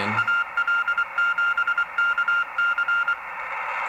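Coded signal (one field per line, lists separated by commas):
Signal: Morse code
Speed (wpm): 23 wpm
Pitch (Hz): 1400 Hz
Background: none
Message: AL7KC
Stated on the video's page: Morse received on 40 m, 7.018 and 7.058 MHz, with a Drake TR-4C transceiver on a homemade speaker-wire dipole.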